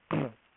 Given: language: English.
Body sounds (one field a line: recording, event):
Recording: throat vibration sensor signal played as sound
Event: throat clearing